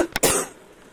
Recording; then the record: coughing mixed with background sound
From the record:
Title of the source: 34 coughing up crap again